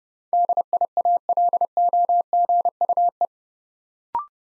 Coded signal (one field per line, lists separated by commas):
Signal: Morse code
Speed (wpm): 30 wpm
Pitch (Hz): 700 Hz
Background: none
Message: DIALOGUE